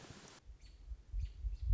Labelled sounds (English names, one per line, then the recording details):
American Robin
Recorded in Sonoma County, California